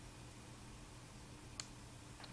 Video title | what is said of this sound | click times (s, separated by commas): Medtronic VEO Real-Time Enlite Set up | clicked in there and then you wait for the green flashing lights to come on | 1.6 s